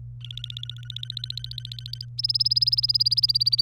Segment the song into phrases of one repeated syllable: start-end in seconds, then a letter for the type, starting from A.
0.21-2.05 A, 2.19-3.62 B